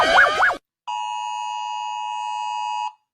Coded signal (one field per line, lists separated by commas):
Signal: Emergency Alert System (SAME) tones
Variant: 853 and 960 Hz attention tone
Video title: Rating EAS Alarms Rebooted!